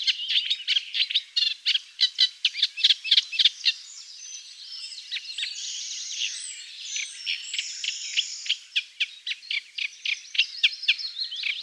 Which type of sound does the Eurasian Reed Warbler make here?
song